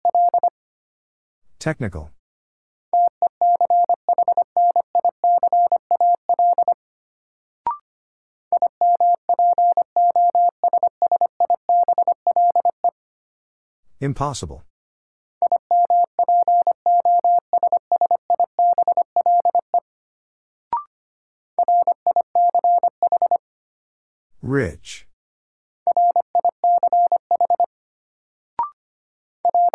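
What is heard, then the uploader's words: A Morse code message beeps out as a steady mid-pitched tone, keyed in quick runs of short and long pulses that come in bursts of several seconds. Between the runs are pauses, and three times a brief falling sweep cuts in, with small clicks in the gaps. New Word Drill - 25wpm. First, the word is sent in Morse code.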